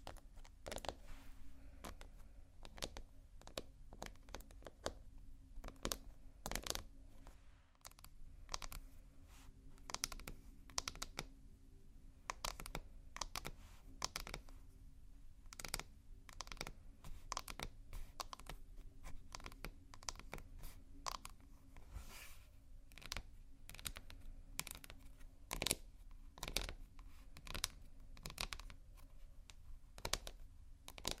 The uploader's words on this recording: ASMR Slow Scratching & Tapping on Textures (No Talking).